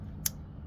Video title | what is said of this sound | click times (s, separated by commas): 2019 Ford Expedition Limited Max - Wheel speed sensor replacement | Okay, that's the click you're looking for. | 0.3 s